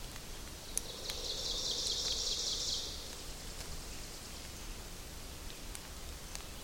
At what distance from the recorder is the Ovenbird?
about 55 m